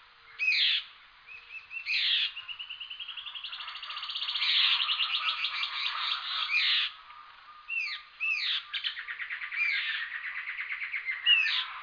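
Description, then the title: Bird song mixing slurred whistles with a long rising buzzy trill, then looping notes and another rapid rattling trill. "LuckyPassaro Completos2Sama"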